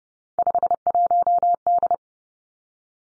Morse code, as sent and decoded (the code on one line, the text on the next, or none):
..... .---- -..
51D